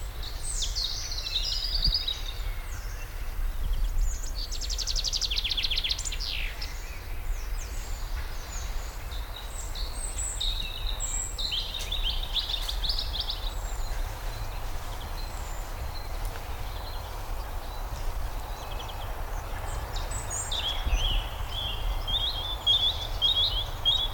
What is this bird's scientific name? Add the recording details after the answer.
Fringilla coelebs. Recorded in the wild. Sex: male. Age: adult. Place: Rheinsberg, Brandenburg, DE. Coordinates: 53.1, 12.9. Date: 1995-04-14 19:23. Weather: heiter, 10°C. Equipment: Marantz CP 430, Sennheiser ME 80, Kopie Uher 4000 Report Monitor. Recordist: Tembrock, Günter